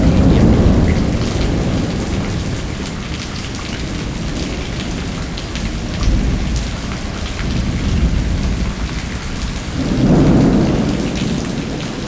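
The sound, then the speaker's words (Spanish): Heavy rain hisses steadily throughout while deep, rolling thunder rumbles at the start and swells again loudly near the end, with no voices. “Desde la Vía Láctea, el dios del rayo hacía llover con agua que su hermana guardaba en una jarra.”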